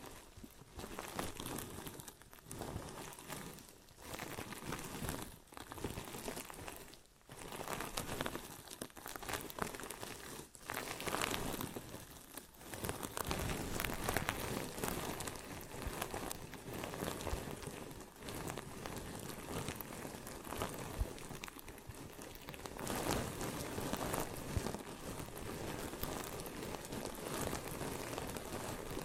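Ear and scalp massage sounds, a dense crackly rustle and crinkle filling the clip, with brief dips in the first half and steadier rubbing afterward.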